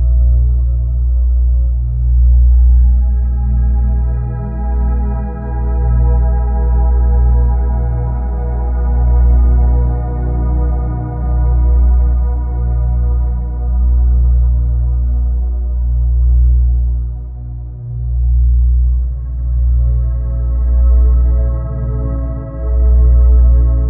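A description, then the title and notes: A layered drone combining tones at 963Hz, 852Hz and 639Hz, under a heavy, deep hum. Many steady pitches stack up to a soft upper edge. The level swells and eases slowly, with brief dips around 11 and 18 seconds. 963Hz + 852Hz + 639Hz.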